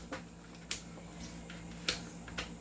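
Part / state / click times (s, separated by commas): airsoft rifle body part onto the receiver / not seated / none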